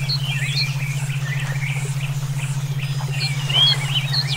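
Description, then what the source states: Songbird chorus of quick chirps and warbled notes, with a sharp whistled phrase late on and a constant low pulsing hum beneath. Brainwave therapy track for omkicau songbird training.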